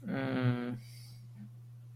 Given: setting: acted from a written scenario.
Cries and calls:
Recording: vocal sound without words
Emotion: shame

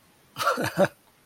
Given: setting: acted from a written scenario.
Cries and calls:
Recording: vocal sound without words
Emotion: amusement

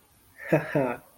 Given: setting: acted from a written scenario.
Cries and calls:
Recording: vocal sound without words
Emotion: adoration

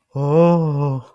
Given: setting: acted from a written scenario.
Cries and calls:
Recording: vocal sound without words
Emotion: adoration

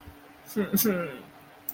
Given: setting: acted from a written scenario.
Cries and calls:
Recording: vocal sound without words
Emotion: distress

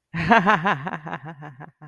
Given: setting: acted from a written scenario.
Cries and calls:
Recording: vocal sound without words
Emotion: amusement

